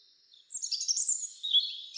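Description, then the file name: European robin song as one continuous high, sweet warbled phrase, beginning after a brief quiet start. "Erithacus rubecula"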